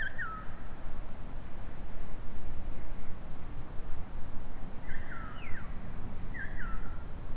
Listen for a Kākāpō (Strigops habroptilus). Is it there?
no